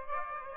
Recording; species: mosquito wingbeat signal from an infrared sensor; Aedes aegypti